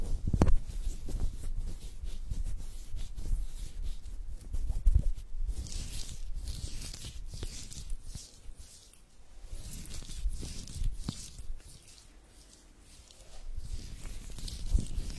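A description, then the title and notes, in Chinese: A hand massage: soft rubbing and squishing of skin fill the clip, with swishing strokes that rise and fall in waves. Sharp little taps or clicks pop out now and then, near the start, around five seconds, at eleven and at the end. 手部按摩（声控助眠）。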